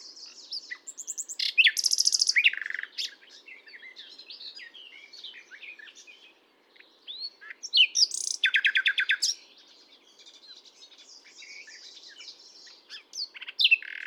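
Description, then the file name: Common nightingale singing varied phrases with loud rattling bursts, quick twitters and whistles, a faint low hum beneath. "Luscinia megarhynchos"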